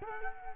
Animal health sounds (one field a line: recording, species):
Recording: mosquito wingbeat signal from an infrared sensor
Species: Culex quinquefasciatus